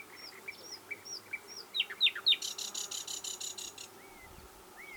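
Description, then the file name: Common nightingale song: thin high whistles and short slurred notes, three sharp louder notes, then a dense harsh rattle, followed by a couple of rising whistles. "Luscinia megarhynchos"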